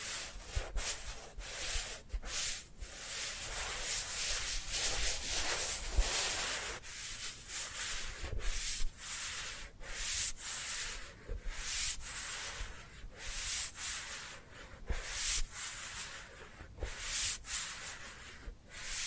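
Dry hands rub together in a steady back-and-forth, each stroke a bright, papery hiss that swells and fades in quick succession. Short gaps break the rubbing every second or so, giving an uneven rhythm that continues for the whole stretch without other sounds.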